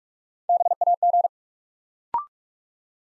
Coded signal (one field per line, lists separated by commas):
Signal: Morse code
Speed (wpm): 44 wpm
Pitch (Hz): 700 Hz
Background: none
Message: BAG